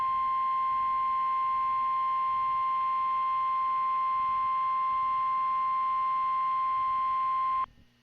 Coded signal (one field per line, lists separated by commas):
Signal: Emergency Alert System (SAME) tones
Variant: 853 and 960 Hz attention tone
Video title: EAS Tornado Watch #11 North Florida and Southern Georgia NOAA Weather Radio +WeatherSTAR4000